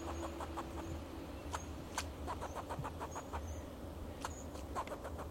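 Fox squirrel chatter: brisk series of clicking pulses spread throughout, with a low, continuous hum.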